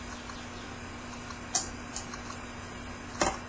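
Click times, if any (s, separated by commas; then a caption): none. A steel snap ring is expanded and handled over its groove on a transfer case part during a GM NP246 rebuild, with a low steady hum underneath. Brief metallic ticks sound at about 1.6, 2.0 and 3.2 seconds as the ring is handled. The ring has not clicked into its groove or seated yet.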